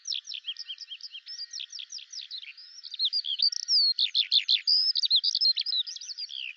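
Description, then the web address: Bird singing rapidly: high chattering chirps mixed with short rising and falling whistles, growing louder midway. "Deverinetal 2025 File cleaned normalized Bird Al Ar"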